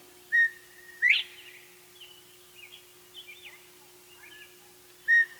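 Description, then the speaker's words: Northern Bobwhite call, a clear whistled note then a louder sharply rising whistle, with the clear note repeated near the end, faint chirps between and a low steady hum. Distinctive call gave the species its name; absent from Duluth except perhaps on game farms, as winters are too severe; lives in Wisconsin and Minnesota farther south. "But most Northlanders have heard of Bob Whites, if only because their distinctive call gave them their name."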